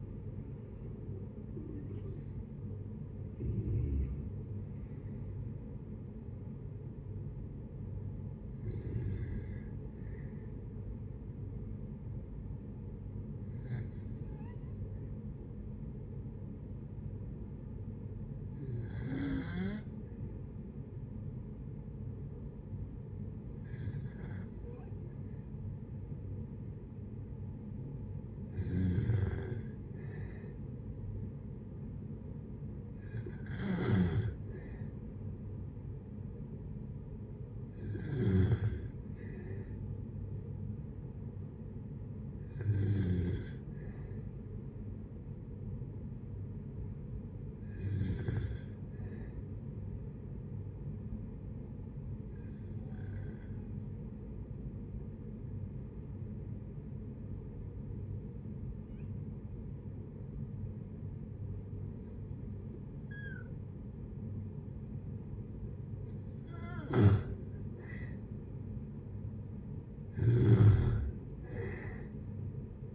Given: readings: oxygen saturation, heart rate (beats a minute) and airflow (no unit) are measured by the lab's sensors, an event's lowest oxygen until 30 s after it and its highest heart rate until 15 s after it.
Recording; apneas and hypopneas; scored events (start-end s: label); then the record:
breathing in sleep by a smartphone at the bedside; 2
14.00-28.90 s: hypopnea (N1, oxygen 96% highest, then 92% lowest, heart rate 60 at the start, 68 highest)
50.00-68.90 s: hypopnea (N1, oxygen 95% highest, then 86% lowest, heart rate 63 at the start, 69 highest)
60.00-72.95 s: new sleep stage, N2 (light sleep)
From the record:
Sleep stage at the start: N1 (lightest sleep); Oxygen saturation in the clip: 72 to 96%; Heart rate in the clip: 59 to 83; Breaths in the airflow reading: 14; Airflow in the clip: -9.6 to 9.0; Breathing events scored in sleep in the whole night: 496 in 5.4 hours asleep